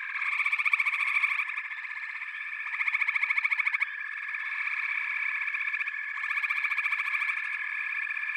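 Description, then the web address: Frogs in chorus, many overlapping pulsed trills forming a steady high buzz, with louder rapid-pulsed bursts swelling in near one, three and seven seconds. "The Natural Sounds of the Wilderness 10 CDs collection Echoes of Nature - Frog Chorus"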